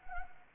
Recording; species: mosquito wingbeat signal from an infrared sensor; Anopheles arabiensis